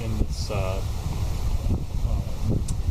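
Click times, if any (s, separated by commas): 2.7 s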